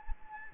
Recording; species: mosquito wingbeat signal from an infrared sensor; Anopheles gambiae